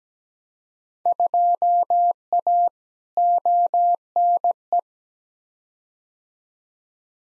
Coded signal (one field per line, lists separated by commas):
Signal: Morse code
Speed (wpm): 17 wpm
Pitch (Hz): 700 Hz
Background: none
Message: 2A ONE